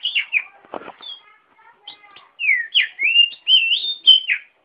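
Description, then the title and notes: Oriental magpie-robin song: a harsh rasping note and soft chatter, then a run of loud, clear whistles sliding up and down. "suara kacer. kumpulan suara burung kacer"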